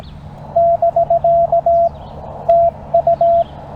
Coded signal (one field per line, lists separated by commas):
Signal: Morse code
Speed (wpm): 17 wpm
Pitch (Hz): 680 Hz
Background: none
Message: <BK> TU